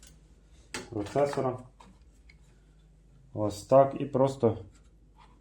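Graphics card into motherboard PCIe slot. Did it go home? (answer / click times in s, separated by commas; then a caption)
no / none. A graphics card is handled over a motherboard's PCIe slot, ready to be pressed down until the slot's retention latch clicks. Someone talks throughout, with a few faint handling sounds between phrases. The card has not seated yet and no latch click has happened.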